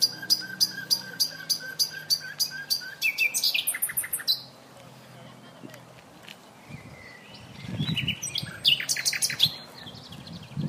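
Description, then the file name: Common nightingale song: a fast, loud series of repeated high chipping notes, a pause, then varied phrases with rapid repeated notes. "Luscinia megarhynchos"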